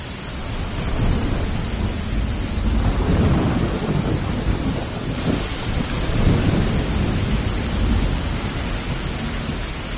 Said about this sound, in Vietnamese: Đêm nổi gió lớn, sấm chớp giang rầm, mưa to tầm tã. Những cái cây trên con đường thông với biệt thự ở đỉnh núi bị gió thổi nghiêng dẹo tả tơi, cửa sổ bị gió thổi mở tung ra,